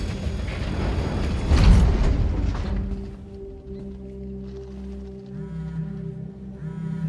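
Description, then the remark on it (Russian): Window-covering panels slide open with a loud, broad rushing scrape lasting about three seconds, then settle into a steady, quieter mechanical hum with faint whining tones. “Закрывавшие окна панели раздвигаются.”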